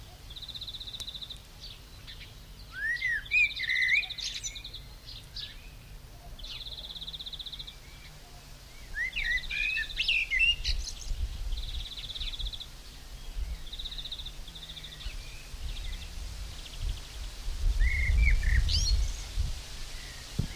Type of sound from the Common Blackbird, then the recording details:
song. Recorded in the wild. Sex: male. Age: adult. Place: Töplitz, Brandenburg, DE. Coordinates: 52.4333, 12.9. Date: 1996-06-15 16:44. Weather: cloudy, 16°C, wind. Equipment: Sony MD-WM MZ-R3, Sennheiser MKH 416 T, Kopie Uher 4000 Report Monitor. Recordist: Tembrock, Günter